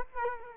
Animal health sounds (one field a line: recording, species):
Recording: mosquito wingbeat signal from an infrared sensor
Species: Culex quinquefasciatus